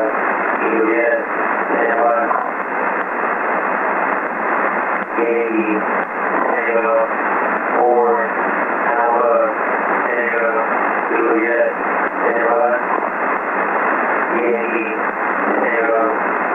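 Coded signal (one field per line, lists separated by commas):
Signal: coded military voice message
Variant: Emergency Action Message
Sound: a male voice reading a message over a noisy, narrow single-sideband shortwave channel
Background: radio static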